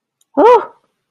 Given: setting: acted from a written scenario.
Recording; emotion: vocal sound without words; negative surprise